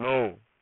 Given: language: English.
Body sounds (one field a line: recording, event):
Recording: throat vibration sensor signal played as sound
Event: speech